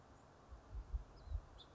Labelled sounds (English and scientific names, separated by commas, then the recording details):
House Finch (Haemorhous mexicanus)
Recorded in Sonoma County, California